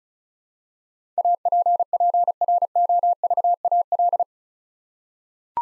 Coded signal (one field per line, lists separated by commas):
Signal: Morse code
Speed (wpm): 34 wpm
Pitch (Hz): 700 Hz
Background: none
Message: APPROVAL